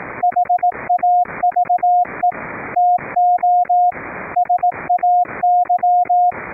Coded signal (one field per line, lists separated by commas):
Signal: Morse code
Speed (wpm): 18 wpm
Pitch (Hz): 710 Hz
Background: radio noise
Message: HAVE TO SAY